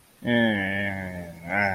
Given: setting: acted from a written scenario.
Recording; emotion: vocal sound without words; contempt